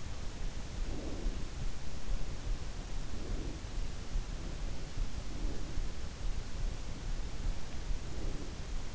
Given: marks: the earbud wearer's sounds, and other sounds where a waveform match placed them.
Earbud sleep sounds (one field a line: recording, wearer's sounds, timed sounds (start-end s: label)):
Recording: sounds in sleep by an in-ear microphone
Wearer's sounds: breath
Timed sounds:
0.60-1.77 s: breath
2.89-3.94 s: breath
5.07-6.32 s: breath
7.74-8.94 s: breath